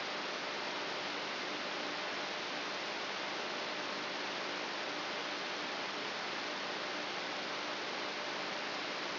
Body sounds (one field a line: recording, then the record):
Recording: brain microelectrode recording played as sound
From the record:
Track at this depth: inside the subthalamic nucleus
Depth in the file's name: 5.816 mm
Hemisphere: left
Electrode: 3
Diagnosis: Parkinson's disease